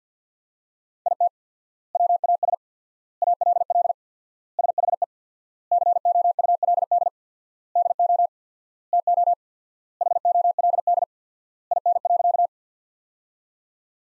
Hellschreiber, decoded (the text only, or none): none